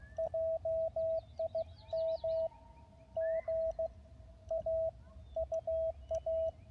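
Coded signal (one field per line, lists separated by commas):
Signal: Morse code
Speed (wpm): 16 wpm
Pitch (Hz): 650 Hz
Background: radio noise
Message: JIM G A UA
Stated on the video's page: Parks on the Air activation at US-4463, San Bernardino National Forest, in the mountains.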